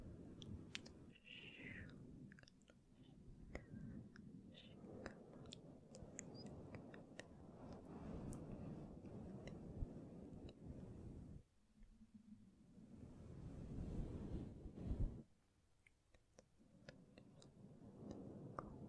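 Soft, unintelligible whispering runs almost without pause, a dense low murmur with breathy hiss. Small clicks and taps from gentle mic touching scatter throughout, with wet mouth sounds. Brief near-silent gaps fall around 11.5 and 15 seconds before the whispering resumes.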